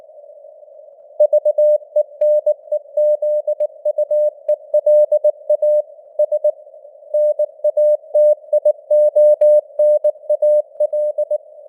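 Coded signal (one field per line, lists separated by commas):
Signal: Morse code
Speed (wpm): 19 wpm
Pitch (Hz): 600 Hz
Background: none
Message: VENEZUELA S NATIONAL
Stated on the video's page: Computer-generated 19 wpm Morse news headlines with simulated radio noise and varying signal strength (QSB).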